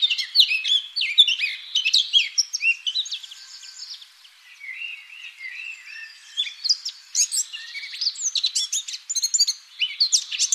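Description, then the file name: Eurasian blackcap song: a fast, rich warble of varied chirps and fluty notes, tumbling almost without pause, with a brief softer stretch in the middle. "Sylvia atricapilla"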